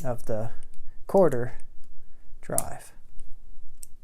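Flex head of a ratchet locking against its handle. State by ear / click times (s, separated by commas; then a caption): seated / 3.8 s. Someone talks while flexing the head of a new 1/4-inch-drive locking flex-head steel ratchet to a new angle against its handle. A sharp click sounds at 3.8 seconds as the head seats into its detent and locks at that angle.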